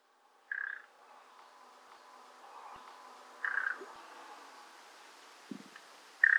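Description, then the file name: Common nightingale calls: short mid-pitched notes repeated roughly every three seconds, with a faint low tick between them in a quiet setting. "Luscinia megarhynchos"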